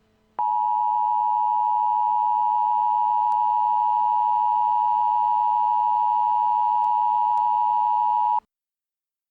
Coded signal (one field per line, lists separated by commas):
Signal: Emergency Alert System (SAME) tones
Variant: 853 and 960 Hz attention tone